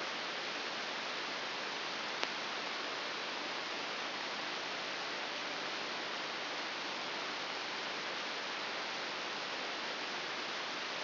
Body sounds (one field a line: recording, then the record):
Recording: brain microelectrode recording played as sound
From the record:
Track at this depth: inside the subthalamic nucleus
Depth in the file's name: 5.001 mm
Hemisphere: right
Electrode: 3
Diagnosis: Parkinson's disease